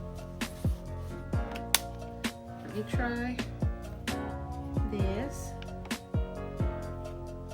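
A plastic hard-shell snap-on case bottom is handled against the underside of a laptop base while music plays and someone talks, with scattered light plastic knocks and taps throughout. Nothing has seated or clicked yet; the bottom shell is not yet home.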